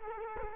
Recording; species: mosquito wingbeat signal from an infrared sensor; Culex quinquefasciatus